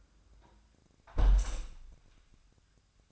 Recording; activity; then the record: daily activity, microphone in the room; close window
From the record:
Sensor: 2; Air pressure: 1004.5 hPa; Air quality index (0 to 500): 107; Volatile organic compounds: 2 ppm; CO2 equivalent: 1291 ppm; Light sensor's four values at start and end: 6/14/5/6 and 6/14/5/6